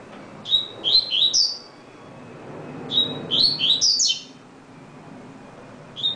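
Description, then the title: Double-collared seedeater song: short phrases opening with a thin whistled note, then quick warbled, rising notes, about a second long, repeated after pauses. "Canto Coleiro"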